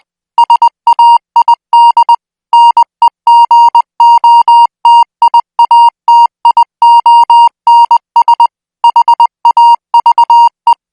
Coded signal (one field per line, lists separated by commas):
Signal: Morse code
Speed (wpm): 20 wpm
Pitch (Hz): 940 Hz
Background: music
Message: SAID NEGOTIATIONS HAVE